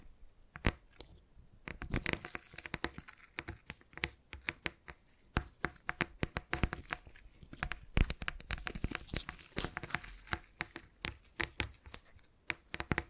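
Tingly tapping, quick crisp sharp clicks and crinkly scratches coming densely and irregularly, bright, throughout.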